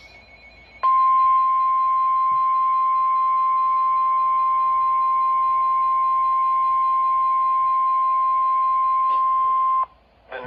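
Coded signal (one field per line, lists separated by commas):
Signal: Emergency Alert System (SAME) tones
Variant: 1050 Hz attention tone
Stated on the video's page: Severe thunderstorm warning received from a NOAA weather radio station in Columbus, Ohio.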